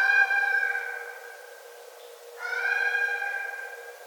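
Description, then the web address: Red fox calls: two raspy harmonic cries. The first is already fading, and a second starts sharply after a short pause. Recorded 9 December 2011. "Red Fox 2011 12 09 Red Fox"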